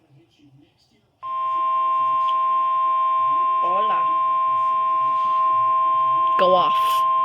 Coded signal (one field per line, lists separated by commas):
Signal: Emergency Alert System (SAME) tones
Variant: 1050 Hz attention tone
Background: speech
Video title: STARLESS II - EAS Alerts from 5/26/24 #52-61